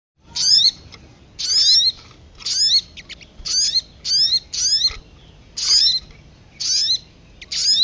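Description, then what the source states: Lovebird calls: separate grating bursts with quick rising squeaks inside, about one a second, quiet between. Lure call recording used for trapping birds.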